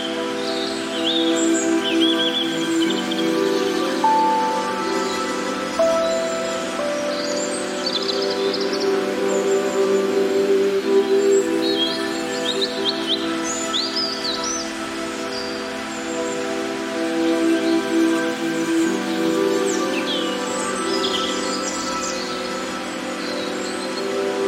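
Meditative music with natural sounds: slow, sustained tones hold steady underneath, shifting to a new pitch roughly every eight seconds, with a few brighter notes ringing out above. Bird chirps and tweets scatter through the upper range throughout, at an even, unhurried pace.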